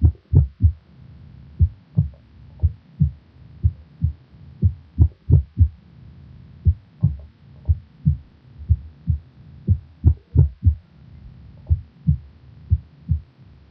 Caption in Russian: Нарушение ритма сердца. Обычно это производится при аускультации в первой точке. При экстрасистолии на фоне правильного ритма слышны одиночные преждевременные сокращения сердца, после которых следует компенсаторная пауза. В момент экстрасистолы можно определить усиление первого тона по сравнению с предшествующими циклами.